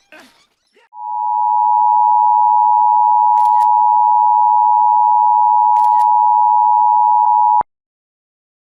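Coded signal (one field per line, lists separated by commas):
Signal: Emergency Alert System (SAME) tones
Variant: 853 and 960 Hz attention tone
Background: speech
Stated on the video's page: EAS New Jersey Required Monthly Test activated on two stations.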